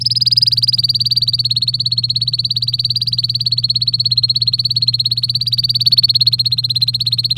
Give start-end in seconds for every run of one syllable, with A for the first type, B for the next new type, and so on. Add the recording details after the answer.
0.01-7.37 A. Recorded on 23 April 2018 at 14:18. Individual llb3